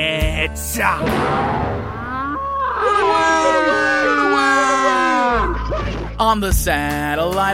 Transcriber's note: spoken: King Arthur & Knights: Run away! Run away!